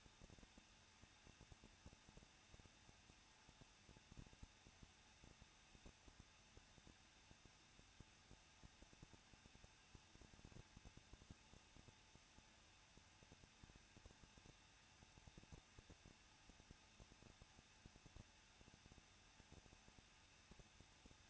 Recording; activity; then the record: daily activity, microphone in the room; no activity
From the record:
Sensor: 2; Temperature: 21.0 degrees Celsius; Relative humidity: 37.6%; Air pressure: 1006.3 hPa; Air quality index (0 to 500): 224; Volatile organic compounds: 25 ppm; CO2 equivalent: 2844 ppm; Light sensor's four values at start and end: 2/3/2/2 and 2/3/2/2